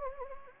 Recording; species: mosquito wingbeat signal from an infrared sensor; Anopheles gambiae